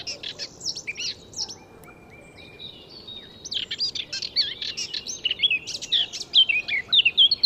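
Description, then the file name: Eurasian blackcap song: a soft scratchy warble, then a louder run of varied whistled and scratchy notes, strengthening toward the end. "Sylvia atricapilla"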